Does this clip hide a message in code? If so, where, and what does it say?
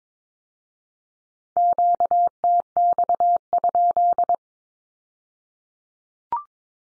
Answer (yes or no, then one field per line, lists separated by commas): yes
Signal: Morse code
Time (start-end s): 1.6-4.3 s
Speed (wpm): 22 wpm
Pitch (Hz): 700 Hz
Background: none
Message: QTX?